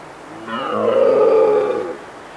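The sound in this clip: Red deer giving a single deep, hoarse roar lasting about one and a half seconds, swelling and then fading, with a quiet background.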